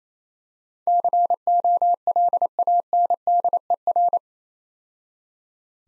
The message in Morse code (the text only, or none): COLANDER